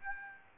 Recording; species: mosquito wingbeat signal from an infrared sensor; Aedes aegypti